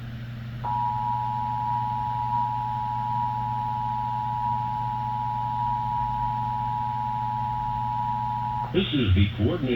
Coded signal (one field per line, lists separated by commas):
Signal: Emergency Alert System (SAME) tones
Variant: 853 and 960 Hz attention tone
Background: speech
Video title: Emergency Alert System - Required Monthly Test for San Francisco Bay Area (4/8/25)